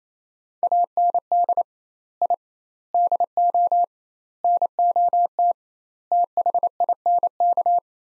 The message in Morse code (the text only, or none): AND I DO NOT THINK